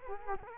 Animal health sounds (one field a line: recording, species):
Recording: mosquito wingbeat signal from an infrared sensor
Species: Culex quinquefasciatus